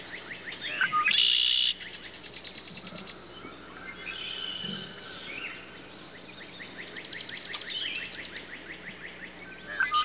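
Red-winged blackbird song: a loud, buzzy trill lasting under a second, amid rapid repeated chirps and trills.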